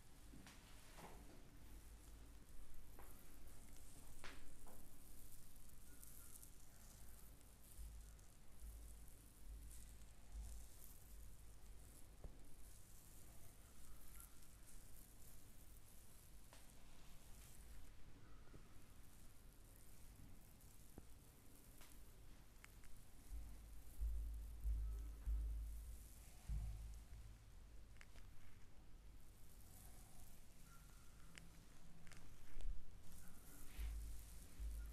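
Hands massage a neck and back, making a steady, dense rubbing and brushing sound with soft crackly textures, like skin and fabric being worked. Small taps and slaps come irregularly throughout, with a low rumble underneath and a few louder strokes near the end.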